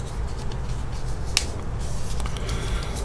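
A pressure switch is snapped back into the bottom of a plastic mount, giving a sharp click at 1.4 s. A few softer clicks follow around 2.2–2.4 s. The switch is in, but it is not seated tightly and not fully home.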